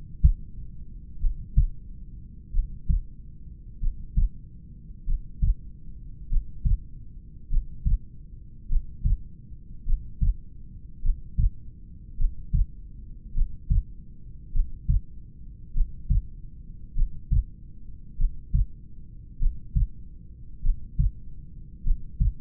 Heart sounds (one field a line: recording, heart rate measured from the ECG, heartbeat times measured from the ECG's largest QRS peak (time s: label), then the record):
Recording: heart sounds by stethoscope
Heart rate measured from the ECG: 49 bpm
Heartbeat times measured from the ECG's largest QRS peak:
1.24 s: heartbeat
2.56 s: heartbeat
3.84 s: heartbeat
5.10 s: heartbeat
6.33 s: heartbeat
7.53 s: heartbeat
8.72 s: heartbeat
9.89 s: heartbeat
11.05 s: heartbeat
12.21 s: heartbeat
13.37 s: heartbeat
14.56 s: heartbeat
15.77 s: heartbeat
16.98 s: heartbeat
18.21 s: heartbeat
19.42 s: heartbeat
20.65 s: heartbeat
21.87 s: heartbeat
From the record:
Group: heart failure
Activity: Valsalva maneuver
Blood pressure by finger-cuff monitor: 89/66 mmHg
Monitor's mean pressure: 70 mmHg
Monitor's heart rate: 49 bpm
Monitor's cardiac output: 4.1 L/min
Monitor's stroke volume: 81 mL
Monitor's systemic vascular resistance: 1240 dyn s/cm5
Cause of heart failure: familial cardiomyopathy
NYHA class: 1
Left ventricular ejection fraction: 49%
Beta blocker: bisoprolol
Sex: male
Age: 31 years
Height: 194 cm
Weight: 96 kg